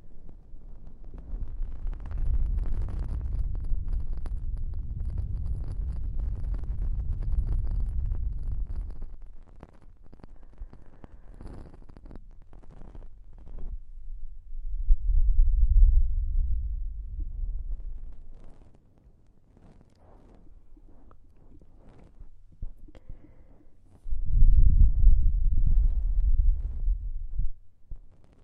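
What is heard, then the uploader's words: Soft breaths pass right by the ear, each one a low, muffled rush. A long breath fills the first nine seconds, then quieter stretches follow, with another swell around fifteen seconds and a stronger, fuller one near twenty-five seconds. Caressing breath sounds, breath next to ears.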